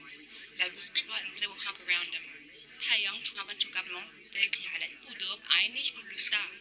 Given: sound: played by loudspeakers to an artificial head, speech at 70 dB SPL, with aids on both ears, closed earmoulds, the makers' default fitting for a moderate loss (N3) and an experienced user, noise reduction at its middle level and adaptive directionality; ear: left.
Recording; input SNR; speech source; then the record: speech test signal (ISTS) in cocktail-party noise; 0 dB; in front (0 degrees)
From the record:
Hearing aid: class 2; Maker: H